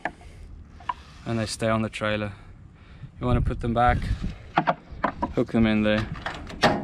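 Someone talks while handling a detachable trailer fitting, previously released with its release switch, and hooking it back into its mount on the boat trailer, with a few short knocks and taps between the words. The fitting has not seated yet and nothing has clicked by the end of the clip.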